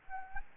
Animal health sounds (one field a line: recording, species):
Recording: mosquito wingbeat signal from an infrared sensor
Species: Anopheles gambiae